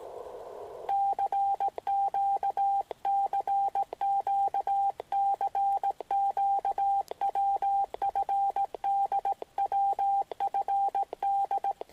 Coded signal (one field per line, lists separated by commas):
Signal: Morse code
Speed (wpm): 17 wpm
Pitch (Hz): 790 Hz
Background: radio noise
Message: CQ CQ CQ WFD WFD